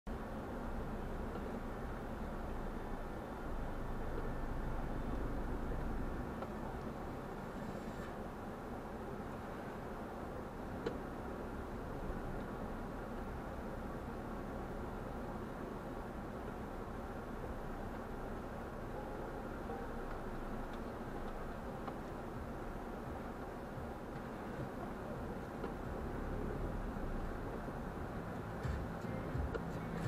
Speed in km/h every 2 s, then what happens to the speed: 13, 11, 12, 5, 2, 2, 5, 8, 7, 6, 3, 0, 0, 4, 5.
4-8 slows to 2. 8-10 standing. 10-16 steady at about 5. 16-21 slows to 0. 21-25 standing.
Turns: none.